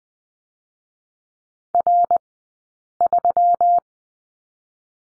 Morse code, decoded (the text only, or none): R3